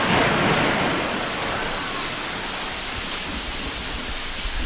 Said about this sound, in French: Akhi, il faut fermer la fenêtre parce que je pense que la pluie est en train de tomber sur ma tête. Non, mais peut-être pas toutes les fenêtres, mais... Ouais, c'est ça. Il pleut fort, hein?